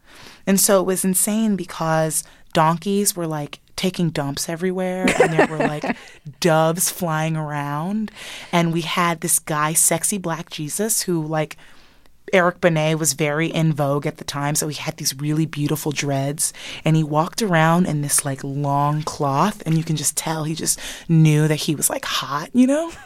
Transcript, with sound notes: And so it was insane because donkeys were, like, taking dumps everywhere.
(Laughter).
And there were, like, doves flying around. And we had this guy - sexy, black Jesus who, like - Eric Benet was very in vogue at the time, so he had these really beautiful dreads. And he walked around in this, like, long cloth. And you can just tell he just knew that he was, like, hot, you know?